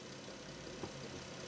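A new plastic windshield washer nozzle for a 2011–2020 Dodge Grand Caravan is handled from the top over its hole in the hood/cowl panel, ready to be pressed down until it snaps. A steady, broadband hum runs throughout, with only a brief soft bump around 0.8 s. The nozzle has not seated or clicked yet.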